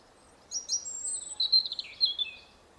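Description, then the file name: European robin, one short song phrase: quick high notes and a thin whistle, then tinkling notes that slide downward, lasting about two seconds. "Erithacus rubecula"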